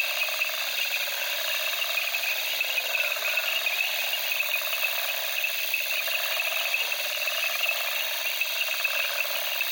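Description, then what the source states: Crickets and frogs in a dense night chorus: steady high shrill insect trilling with pulsed, rattling frog calls beneath, continuous throughout. At night among reeds in the Okavango, Africa, with crickets and frogs calling.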